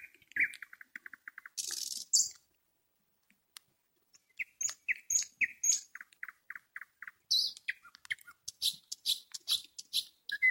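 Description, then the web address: Nightingale song: a fast rattling opening and a harsh burst, a pause, then evenly repeated clipped notes building into a dense, chattering phrase. "spiew slowika slowik wiejski"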